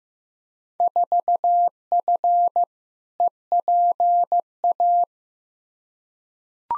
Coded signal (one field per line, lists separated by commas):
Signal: Morse code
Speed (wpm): 15 wpm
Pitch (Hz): 700 Hz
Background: none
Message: 4F EPA